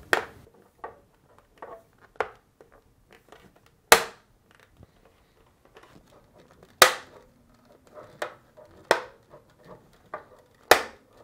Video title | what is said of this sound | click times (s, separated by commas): How to replace Dispenser Shield Assembly part # W10819058 on your Whirlpool Refrigerator | until all the other tabs snap back in place | 0.1 s, 2.2 s, 3.9 s, 6.8 s, 8.9 s, 10.7 s